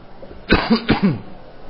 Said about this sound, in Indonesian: Kurang jelas suara ya karena lagi batuk.